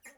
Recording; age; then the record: pig call; piglet (1 to 25 days)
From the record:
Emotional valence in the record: negative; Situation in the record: restrain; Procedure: back test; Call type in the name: high-frequency call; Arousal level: low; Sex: male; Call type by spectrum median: high-frequency call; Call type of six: high-frequency stable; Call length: 0.18 s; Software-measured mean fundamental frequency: 340 Hz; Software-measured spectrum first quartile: 1713 Hz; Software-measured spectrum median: 3442 Hz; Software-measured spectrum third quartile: 9089 Hz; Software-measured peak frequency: 2099 Hz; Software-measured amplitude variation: 192 dB a second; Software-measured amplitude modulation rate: 5.6 a second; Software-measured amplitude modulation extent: 34.2 dB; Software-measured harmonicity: 4.5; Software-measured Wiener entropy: -2.56